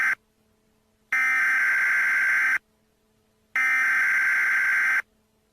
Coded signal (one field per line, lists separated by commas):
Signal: Emergency Alert System (SAME) tones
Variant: header bursts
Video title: What if ImLeqit_PvP hacked the Emergency Alert System? (1)